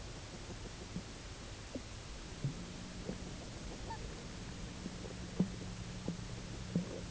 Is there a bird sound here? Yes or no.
yes